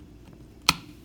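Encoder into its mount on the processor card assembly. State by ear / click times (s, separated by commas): seated / 0.7 s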